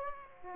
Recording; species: mosquito wingbeat signal from an infrared sensor; Aedes aegypti